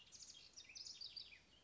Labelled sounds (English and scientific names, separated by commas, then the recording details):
House Wren (Troglodytes aedon)
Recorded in Sonoma County, California